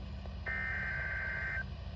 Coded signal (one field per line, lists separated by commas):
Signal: Emergency Alert System (SAME) tones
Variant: header bursts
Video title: NOAA Weather Radio - Doubleheader Severe Thunderstorm Warning [EAS #311-#312] (6/27/23)